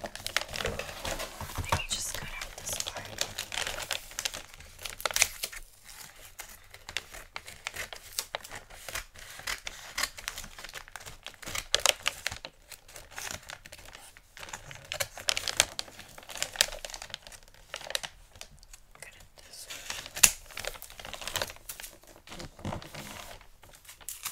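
Gift wrapping paper is crinkled and handled continuously, with dense, irregular bursts of bright rustling and crackling throughout. The crinkling comes in short clusters with brief quiet gaps, notably near 5, 12 and 19 seconds, and intensity rises and falls without settling into a steady rhythm.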